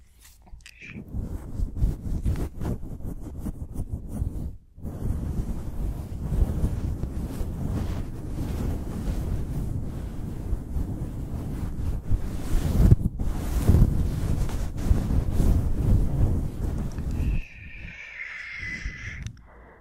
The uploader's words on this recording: WHOLESOME fluffy mic scratching for SLEEP.